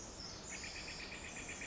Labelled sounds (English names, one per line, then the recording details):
Pacific Wren
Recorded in Sonoma County, California